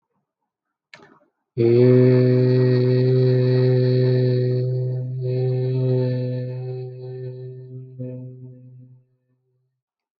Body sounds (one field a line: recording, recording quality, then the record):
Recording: sustained vowel as in made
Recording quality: excellent, no background noise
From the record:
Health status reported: healthy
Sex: male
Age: 25 years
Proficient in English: yes